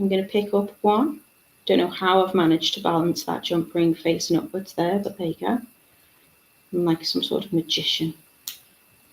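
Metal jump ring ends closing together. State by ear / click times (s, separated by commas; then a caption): seated / 8.5 s. Someone talks while a metal jewellery jump ring is twisted shut with pliers until its two cut ends meet. A short, sharp click is heard at 8.5 s, showing the ring is fully closed.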